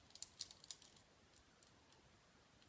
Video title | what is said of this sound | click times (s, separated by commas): Soiree remontage de myth - Episode 03 - Bronzes v4 10th | Putain, elle se clipse absolument pas dedans. | none